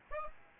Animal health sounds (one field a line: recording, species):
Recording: mosquito wingbeat signal from an infrared sensor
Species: Aedes aegypti